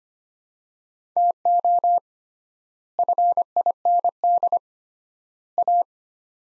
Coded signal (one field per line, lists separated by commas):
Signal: Morse code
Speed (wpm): 25 wpm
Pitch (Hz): 700 Hz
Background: none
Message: TO FIND A